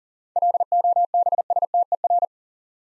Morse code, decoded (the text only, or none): LOBSTER